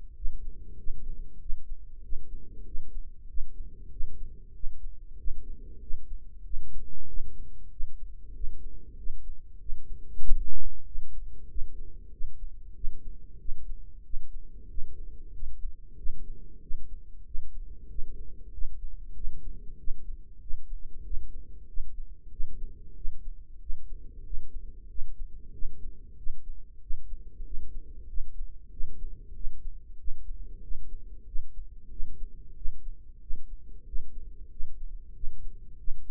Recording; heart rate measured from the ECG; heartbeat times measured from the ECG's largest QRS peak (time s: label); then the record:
heart sounds by microphone in the right ear; 94 bpm
0.16 s: heartbeat
0.78 s: heartbeat
1.41 s: heartbeat
2.04 s: heartbeat
2.66 s: heartbeat
3.29 s: heartbeat
3.91 s: heartbeat
4.55 s: heartbeat
5.18 s: heartbeat
5.81 s: heartbeat
6.44 s: heartbeat
7.08 s: heartbeat
7.71 s: heartbeat
8.35 s: heartbeat
8.98 s: heartbeat
9.60 s: heartbeat
10.23 s: heartbeat
10.86 s: heartbeat
11.49 s: heartbeat
12.12 s: heartbeat
12.75 s: heartbeat
13.40 s: heartbeat
14.04 s: heartbeat
14.69 s: heartbeat
15.33 s: heartbeat
15.97 s: heartbeat
16.62 s: heartbeat
17.26 s: heartbeat
17.90 s: heartbeat
18.53 s: heartbeat
19.15 s: heartbeat
19.78 s: heartbeat
20.41 s: heartbeat
21.05 s: heartbeat
21.68 s: heartbeat
22.31 s: heartbeat
22.96 s: heartbeat
23.61 s: heartbeat
24.25 s: heartbeat
24.89 s: heartbeat
25.53 s: heartbeat
26.17 s: heartbeat
26.81 s: heartbeat
27.45 s: heartbeat
28.08 s: heartbeat
28.71 s: heartbeat
29.35 s: heartbeat
29.98 s: heartbeat
30.62 s: heartbeat
31.26 s: heartbeat
31.91 s: heartbeat
32.56 s: heartbeat
33.21 s: heartbeat
33.86 s: heartbeat
34.51 s: heartbeat
35.15 s: heartbeat
35.78 s: heartbeat
From the record:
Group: healthy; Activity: rest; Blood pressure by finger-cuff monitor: 123/74 mmHg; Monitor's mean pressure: 90 mmHg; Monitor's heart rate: 94 bpm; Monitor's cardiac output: 6.5 L/min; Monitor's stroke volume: 69 mL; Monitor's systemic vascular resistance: 1010 dyn s/cm5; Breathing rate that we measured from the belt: 19 breaths a minute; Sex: female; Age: 43 years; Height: 160 cm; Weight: 90 kg